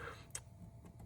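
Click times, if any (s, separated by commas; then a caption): 0.4 s. A network cable connector's small release tab is pressed and the connector is pulled out of a stage audio interface port to reseat it, because it isn't connecting properly. A sharp click comes at 0.4 s, followed by fainter ticks near 0.9 s and 1.0 s. The connector comes unlatched and out of the port.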